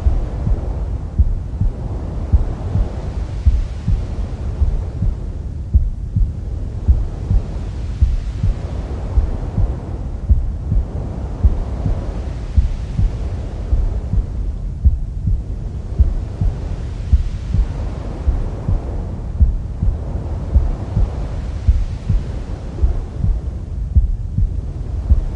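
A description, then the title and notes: Womb sounds: a deep, muffled rumble dominated by low frequencies, with a steady throbbing pulse like a heartbeat running throughout. A slow whooshing swell rises and falls roughly every four to five seconds, adding a faint hiss on top. The texture stays dense and unchanging. Womb Sounds for Baby's Sleep.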